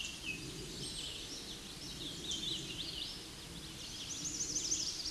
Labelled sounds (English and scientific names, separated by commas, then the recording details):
Hooded Warbler (Setophaga citrina) song
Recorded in a Pennsylvania forest on 16 May 2024 at 07:36
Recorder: AudioMoth, point MSD-0508
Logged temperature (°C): 15.5 °C
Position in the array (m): 31 m, 153 m